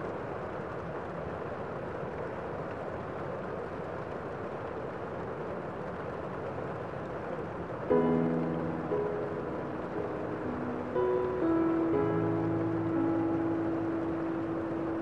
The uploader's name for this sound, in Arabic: تهاطل الأمطار وسط الأشجار